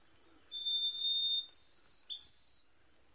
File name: White-Throated Sparrow Monty Brigham